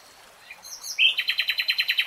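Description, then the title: Nightingale song phrase: a soft opening note, then a loud, rapid string of identical chipping notes. Real-time recording, not slowed. "[Tiếng chim hót] 3 Hours REALTIME Nightingale Singing"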